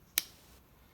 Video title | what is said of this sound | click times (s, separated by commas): 2 How to use Fitbit and iButton | you hear click and then you can check that it is sitting firmly | 0.2 s